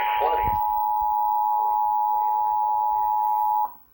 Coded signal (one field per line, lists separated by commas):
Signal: Emergency Alert System (SAME) tones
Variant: 853 and 960 Hz attention tone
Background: speech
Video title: Emergency Alert System Compilation severe weather outbreak, KINDA eas#206